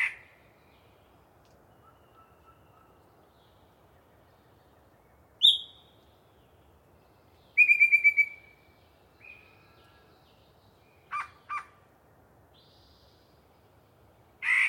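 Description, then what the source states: Yellow-breasted chat song with spaced phrases: a low whistle, a sharp high note, a quick rattled series, a short buzz, two clucks and a final harsh note. Particularly chatty bird giving a long pre-dawn soliloquy in deciduous cover.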